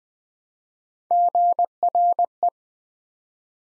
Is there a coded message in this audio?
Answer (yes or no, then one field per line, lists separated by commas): yes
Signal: Morse code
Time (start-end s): 1.1-2.5 s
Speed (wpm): 20 wpm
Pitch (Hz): 700 Hz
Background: none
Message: GRE